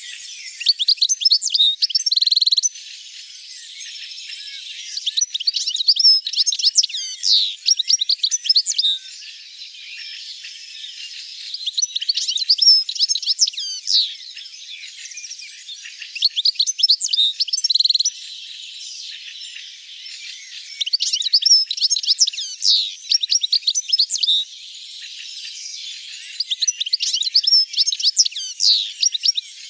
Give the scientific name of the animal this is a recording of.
Carduelis carduelis